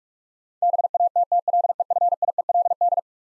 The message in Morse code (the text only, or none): BATTLEFIELD